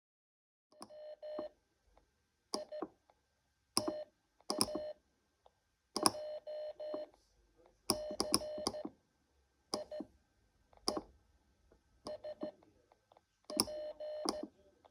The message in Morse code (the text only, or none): A I TA J C I E S P